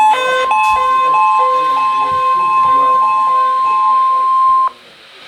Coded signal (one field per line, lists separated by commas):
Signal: Emergency Alert System (SAME) tones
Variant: 1050 Hz attention tone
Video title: Severe Thunderstorm Warning (EAS #11)